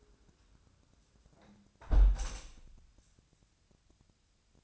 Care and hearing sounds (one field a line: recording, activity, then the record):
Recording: daily activity, microphone in the room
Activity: close window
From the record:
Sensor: 2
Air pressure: 1000.3 hPa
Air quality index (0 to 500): 139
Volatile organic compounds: 2 ppm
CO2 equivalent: 1164 ppm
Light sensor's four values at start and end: 11/31/12/14 and 11/30/11/13